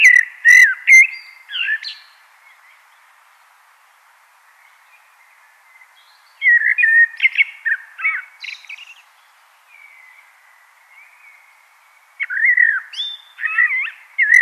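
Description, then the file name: Common blackbird song: three varied fluting phrases with high squeaky notes, separated by several seconds of near silence with soft background twitters. "Turdus merula"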